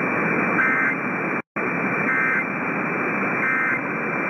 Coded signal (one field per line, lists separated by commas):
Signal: Emergency Alert System (SAME) tones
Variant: end-of-message bursts